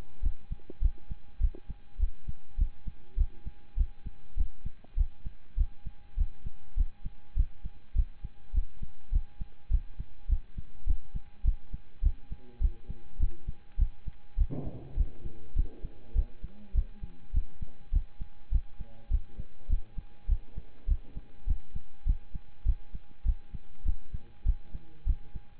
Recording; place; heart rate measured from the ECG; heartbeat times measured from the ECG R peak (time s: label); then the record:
heart sounds by stethoscope; between the tricuspid and mitral areas; 101 bpm
0.22 s: heartbeat
0.81 s: heartbeat
1.40 s: heartbeat
1.99 s: heartbeat
2.58 s: heartbeat
3.17 s: heartbeat
3.77 s: heartbeat
4.36 s: heartbeat
4.97 s: heartbeat
5.57 s: heartbeat
6.17 s: heartbeat
6.76 s: heartbeat
7.36 s: heartbeat
7.95 s: heartbeat
8.53 s: heartbeat
9.12 s: heartbeat
9.70 s: heartbeat
10.28 s: heartbeat
10.86 s: heartbeat
11.44 s: heartbeat
12.02 s: heartbeat
12.60 s: heartbeat
13.19 s: heartbeat
13.78 s: heartbeat
14.37 s: heartbeat
14.96 s: heartbeat
15.55 s: heartbeat
16.15 s: heartbeat
16.74 s: heartbeat
17.33 s: heartbeat
17.92 s: heartbeat
18.51 s: heartbeat
19.10 s: heartbeat
19.69 s: heartbeat
20.28 s: heartbeat
20.87 s: heartbeat
21.47 s: heartbeat
22.06 s: heartbeat
22.65 s: heartbeat
23.25 s: heartbeat
23.85 s: heartbeat
24.45 s: heartbeat
25.06 s: heartbeat
From the record:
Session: pedaling a stationary bicycle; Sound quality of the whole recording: partially saturated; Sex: male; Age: 27 years